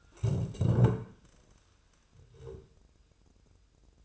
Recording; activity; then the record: daily activity, microphone in the room; stand up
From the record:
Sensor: 2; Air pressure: 1005.0 hPa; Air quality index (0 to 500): 101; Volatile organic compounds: 2 ppm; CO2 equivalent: 1230 ppm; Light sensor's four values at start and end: 7/18/7/7 and 7/16/7/7